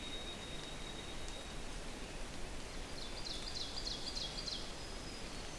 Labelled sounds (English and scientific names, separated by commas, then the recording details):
Ovenbird (Seiurus aurocapilla) song
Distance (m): 90 m
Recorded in boreal forest in Alberta, Canada, on 4 June 2016 at 07:23
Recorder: SongMeter 3, array SBT-3-51
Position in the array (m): 215 m, 17 m
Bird 27